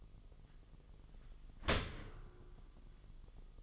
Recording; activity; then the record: daily activity, microphone in the room; open dishwasher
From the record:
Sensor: 4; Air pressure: 1005.6 hPa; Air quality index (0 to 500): 114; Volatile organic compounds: 3 ppm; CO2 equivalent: 1430 ppm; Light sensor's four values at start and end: 11/25/10/10 and 11/25/10/10